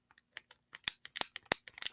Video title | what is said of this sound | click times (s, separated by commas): Mini Greenhouse Activity | hear a snapping that shows me it is sealed | 0.9 s, 1.2 s, 1.5 s, 1.8 s